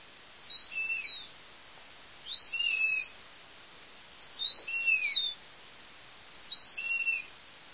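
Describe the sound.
House mouse ultrasonic song, heard as four bursts of sweeping, chirping whistles, repeating roughly every two seconds against a quiet background.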